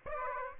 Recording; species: mosquito wingbeat signal from an infrared sensor; Aedes aegypti